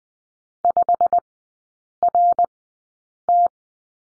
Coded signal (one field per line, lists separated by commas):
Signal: Morse code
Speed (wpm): 20 wpm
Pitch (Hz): 700 Hz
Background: none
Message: 5RT